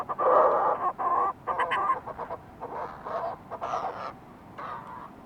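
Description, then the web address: Fulmar prion giving long, rasping, throaty calls, loud at first, then broken into shorter pulsed phrases that fade toward the end. "sound fulmar-prion. صدای-پرنده-پریان-بدبو"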